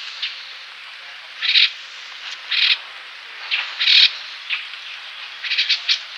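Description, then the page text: Streak-eared bulbul calls: harsh, scratchy chirps in brief irregular bursts over a steady hiss. "Streak-Eared Bulbul Calls. Quick Sounds"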